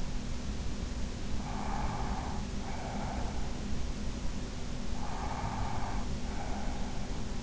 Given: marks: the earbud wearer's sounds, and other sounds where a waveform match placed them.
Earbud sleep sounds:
sounds in sleep by an in-ear microphone; breath
1.46-3.56 s: breath
4.95-7.01 s: breath

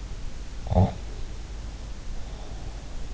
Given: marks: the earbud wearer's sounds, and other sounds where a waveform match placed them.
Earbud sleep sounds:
sounds in sleep by an in-ear microphone; snoring breath
0.57-3.04 s: snoring breath

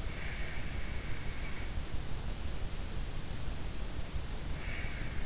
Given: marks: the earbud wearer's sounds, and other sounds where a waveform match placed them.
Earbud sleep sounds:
sounds in sleep by an in-ear microphone; breath
0.00-0.73 s: breath
4.38-5.12 s: breath

